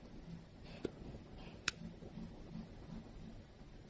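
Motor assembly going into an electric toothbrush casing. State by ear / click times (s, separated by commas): seated / 0.8 s, 1.7 s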